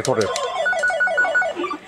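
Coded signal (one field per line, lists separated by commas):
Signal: none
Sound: slot machine sound effects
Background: speech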